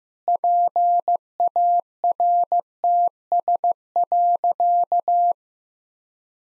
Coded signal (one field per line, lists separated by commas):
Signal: Morse code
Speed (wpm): 16 wpm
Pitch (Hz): 700 Hz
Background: none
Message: PARTS.